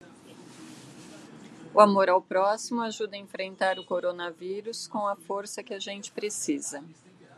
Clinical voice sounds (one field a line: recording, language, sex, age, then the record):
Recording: spoken sentence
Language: Brazilian Portuguese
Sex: female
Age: 50 to 59 years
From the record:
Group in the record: control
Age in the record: 55 years